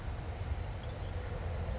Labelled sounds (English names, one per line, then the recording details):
California Towhee
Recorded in Sonoma County, California